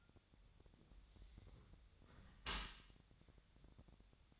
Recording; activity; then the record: daily activity, microphone in the room; close dishwasher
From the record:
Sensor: 3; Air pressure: 1006.7 hPa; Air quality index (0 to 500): 208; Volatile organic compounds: 19 ppm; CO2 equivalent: 2649 ppm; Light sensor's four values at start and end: 10/24/10/10 and 10/24/10/10